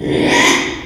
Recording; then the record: squeal of a Yucatan mini pig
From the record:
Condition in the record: after surgery on the right vocal fold (resection and tissue-engineered implant); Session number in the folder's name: 3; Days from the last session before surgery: 33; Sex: male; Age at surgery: 12 weeks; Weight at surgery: 13 kg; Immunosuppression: cyclosporine, prednisolone